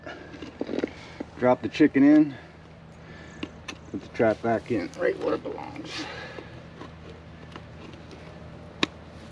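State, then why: Seated. Someone talks while a steel foothold trap is pressed back down into its dug bed in the soil, with a few soft knocks along the way. A sharp click at 8.8 s marks the trap seating tight in its bed without wobble, properly bedded.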